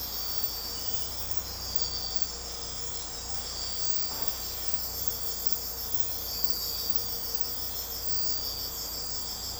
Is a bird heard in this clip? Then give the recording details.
no. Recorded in secondary vegetation near Puerto Asís, Putumayo, Colombia, on 16 December 2024 at 04:30. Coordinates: 0.502, -76.326. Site G028